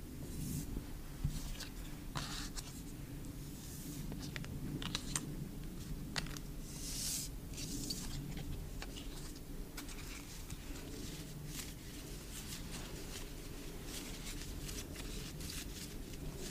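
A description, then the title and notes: Photocards tap and click against each other in quick, irregular bursts, each tap a short crisp tick that is sometimes sharper and brighter. A steady, dense low rumble sits underneath throughout. The tapping stays fairly even in loudness for the whole stretch. Asmr photocard collection. Photocard tapping. Blue yeti microphone.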